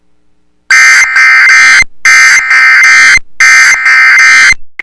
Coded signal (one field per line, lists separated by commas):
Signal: Emergency Alert System (SAME) tones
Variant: end-of-message bursts